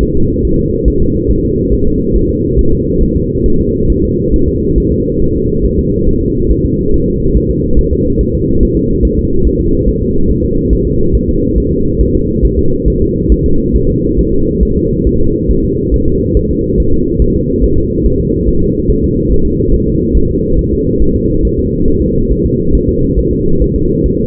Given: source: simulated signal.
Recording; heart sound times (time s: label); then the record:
fetal heart sounds
0.03 s: S1
0.17 s: S2
0.45 s: S1
0.59 s: S2
0.88 s: S1
1.02 s: S2
1.31 s: S1
1.45 s: S2
1.73 s: S1
1.87 s: S2
2.16 s: S1
2.30 s: S2
2.59 s: S1
2.73 s: S2
3.03 s: S1
3.16 s: S2
3.46 s: S1
3.60 s: S2
3.90 s: S1
4.04 s: S2
4.34 s: S1
4.48 s: S2
4.78 s: S1
4.92 s: S2
5.22 s: S1
5.36 s: S2
5.65 s: S1
5.79 s: S2
6.09 s: S1
6.23 s: S2
6.52 s: S1
6.65 s: S2
6.94 s: S1
7.08 s: S2
7.37 s: S1
7.51 s: S2
7.79 s: S1
7.93 s: S2
8.21 s: S1
8.35 s: S2
8.63 s: S1
8.77 s: S2
9.05 s: S1
9.19 s: S2
9.47 s: S1
9.61 s: S2
9.89 s: S1
10.03 s: S2
10.31 s: S1
10.44 s: S2
10.73 s: S1
10.87 s: S2
11.15 s: S1
11.29 s: S2
11.58 s: S1
11.72 s: S2
12.01 s: S1
12.15 s: S2
12.45 s: S1
12.59 s: S2
12.88 s: S1
13.02 s: S2
13.32 s: S1
13.46 s: S2
13.76 s: S1
13.89 s: S2
14.19 s: S1
14.33 s: S2
14.63 s: S1
14.77 s: S2
15.07 s: S1
15.21 s: S2
15.50 s: S1
15.64 s: S2
15.94 s: S1
16.08 s: S2
16.37 s: S1
16.51 s: S2
16.80 s: S1
16.94 s: S2
17.22 s: S1
17.36 s: S2
17.64 s: S1
17.78 s: S2
18.06 s: S1
18.20 s: S2
18.48 s: S1
18.62 s: S2
18.90 s: S1
19.04 s: S2
19.32 s: S1
19.46 s: S2
19.75 s: S1
19.88 s: S2
20.17 s: S1
20.31 s: S2
20.59 s: S1
20.73 s: S2
21.02 s: S1
21.16 s: S2
21.45 s: S1
21.59 s: S2
21.88 s: S1
22.02 s: S2
22.32 s: S1
22.45 s: S2
22.75 s: S1
22.89 s: S2
23.19 s: S1
23.33 s: S2
23.62 s: S1
23.76 s: S2
24.06 s: S1
24.20 s: S2
From the record:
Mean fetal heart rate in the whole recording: 140 bpm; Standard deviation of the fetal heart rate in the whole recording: 2 bpm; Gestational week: 34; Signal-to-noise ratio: -16.4 dB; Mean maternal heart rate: 72 bpm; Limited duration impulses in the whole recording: present